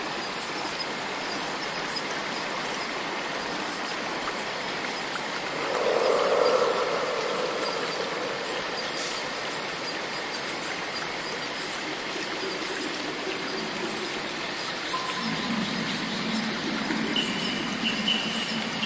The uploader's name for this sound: Walking in the ancient magical rainforest, stepping through the swamp, the healing sound of cicadas